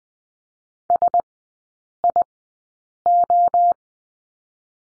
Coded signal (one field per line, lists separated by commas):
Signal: Morse code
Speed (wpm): 20 wpm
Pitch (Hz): 700 Hz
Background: none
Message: SIO